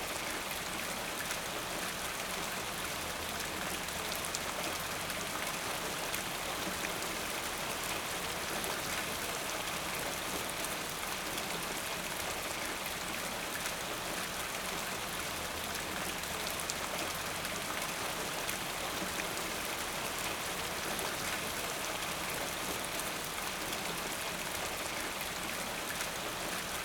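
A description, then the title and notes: Rain falls steadily on a gutter, a dense, even hiss of bright patter with a faint low rumble underneath throughout. Rain falling on gutter.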